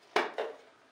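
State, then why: Released. The second plastic control knob is pushed out from the back of a Galaxy electric shower cover. It pops out with a sharp snap at 0.2 s, followed by a softer knock around 0.4 s that quickly fades. The knob comes free of the cover.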